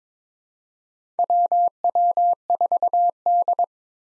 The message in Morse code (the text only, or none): WW4D